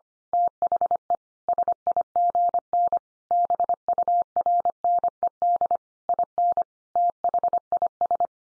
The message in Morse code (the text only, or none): THE SIGN BURNED IN THIS